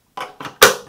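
The neck of a Titan Army P27GR monitor stand is pushed onto its base, which fits together quickly and clips in and out. Two softer knocks come at about 0.2 and 0.4 s, then a sharp, loud snap at 0.6 s as the neck seats in the base.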